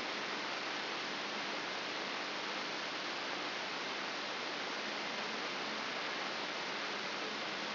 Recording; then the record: brain microelectrode recording played as sound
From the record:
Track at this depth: inside the subthalamic nucleus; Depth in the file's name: 2.105 mm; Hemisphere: left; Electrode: 3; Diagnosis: Parkinson's disease